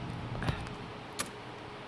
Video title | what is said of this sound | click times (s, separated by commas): Race RLC-DX Changing out Attachments | pops right in | 1.2 s